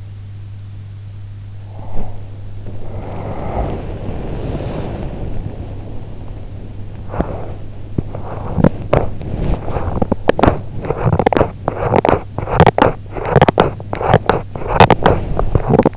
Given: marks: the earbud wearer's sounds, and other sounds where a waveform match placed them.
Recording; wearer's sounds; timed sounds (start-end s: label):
sounds in sleep by an in-ear microphone; body movement, teeth grinding
1.50-10.02 s: body movement
7.06-9.42 s: teeth grinding
9.87-15.97 s: teeth grinding